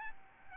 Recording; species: mosquito wingbeat signal from an infrared sensor; Aedes albopictus